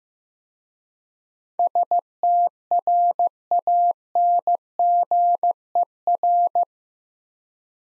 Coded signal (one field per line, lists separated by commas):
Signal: Morse code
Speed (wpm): 15 wpm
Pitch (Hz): 700 Hz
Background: none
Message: STRANGER